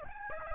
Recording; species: mosquito wingbeat signal from an infrared sensor; Aedes albopictus